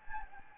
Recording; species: mosquito wingbeat signal from an infrared sensor; Anopheles gambiae